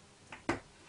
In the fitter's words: de la colle au bout, dans les deux bouts, et ça vient clac.